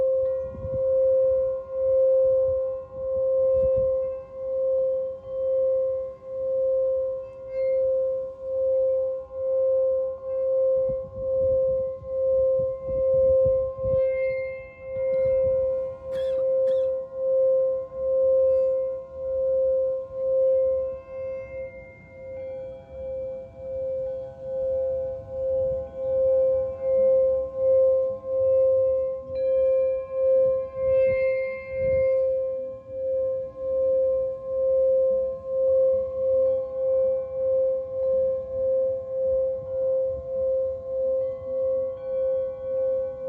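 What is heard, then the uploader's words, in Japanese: A singing bowl is rubbed and rung continuously, holding one steady mid-pitched tone with a gentle, regular pulsing wobble throughout. Soft low rumbles and faint brushing noises sit underneath, with a brief tap or clink around sixteen seconds and a slight dip near twenty-two. メキシコから シンギングボウルのサウンドヒーリング ライブ。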